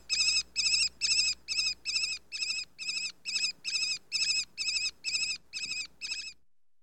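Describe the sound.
Eurasian sparrowhawk calls: a long series of ringing, harsh notes, roughly two per second, steady in pitch, ending abruptly.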